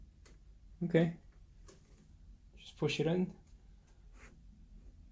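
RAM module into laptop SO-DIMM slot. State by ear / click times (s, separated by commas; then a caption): not seated / none. A RAM stick has just been pushed edge-first into the SO-DIMM slot of an LG Gram laptop and is being handled before it is pressed down to latch. Someone talks in two short bursts, with only faint brief ticks near 0.3 and 1.7 seconds in the otherwise quiet stretch. The module has not been pressed down yet and nothing has clicked.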